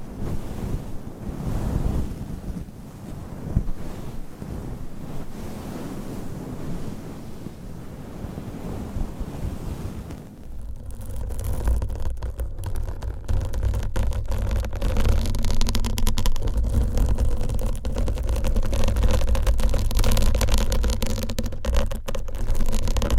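Long nails scratch and rub over a microphone cover. For the first ten seconds the sound is a soft, low, rumbling rub; then it abruptly turns louder and brighter, a dense, crackling scratching with rapid irregular strokes and a steady low hum underneath.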